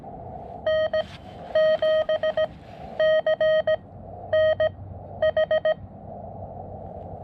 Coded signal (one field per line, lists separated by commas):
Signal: Morse code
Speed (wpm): 18 wpm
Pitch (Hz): 630 Hz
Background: none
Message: N7CNH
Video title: Gorge-ous SOTA | Windy Dog Day | Columbia River Gorge | Summits on the Air | Morse Code